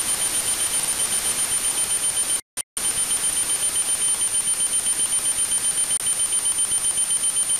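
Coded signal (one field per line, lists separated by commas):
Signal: weather satellite image (APT)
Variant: NOAA APT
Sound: steady rasping hiss with a rhythmic tick-tock pulsing several times a second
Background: radio static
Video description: I used a Russian WebSDR station to capture the signal and then the NOAA APT decoder software.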